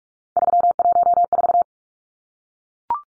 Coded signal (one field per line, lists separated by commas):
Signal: Morse code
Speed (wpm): 44 wpm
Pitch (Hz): 700 Hz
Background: none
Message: 314